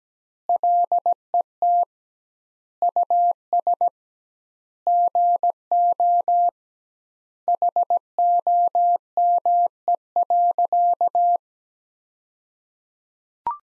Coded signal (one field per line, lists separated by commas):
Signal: Morse code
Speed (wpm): 17 wpm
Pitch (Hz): 700 Hz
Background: none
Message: LET US GO HOME.